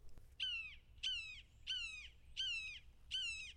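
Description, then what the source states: Red-shouldered hawk calling five high kee-ah screams, each slurring downward, repeated roughly every two-thirds of a second. Played back from a bird identification app on a phone; a species commonly found in Washington, D.C.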